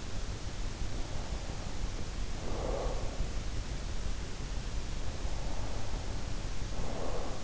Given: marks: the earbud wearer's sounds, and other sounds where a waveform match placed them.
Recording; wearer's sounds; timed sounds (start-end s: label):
sounds in sleep by an in-ear microphone; breath
0.90-3.38 s: breath
5.14-7.44 s: breath